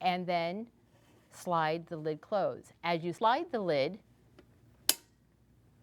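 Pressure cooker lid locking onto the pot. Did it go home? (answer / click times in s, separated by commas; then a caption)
yes / 4.9 s. A pressure cooker lid, lined up with the mark on the handle, is slid closed onto the pot while someone talks. After a faint tick at 4.4 s, the automatic lock engages with one sharp, bright click at 4.9 s, and the lid is locked shut.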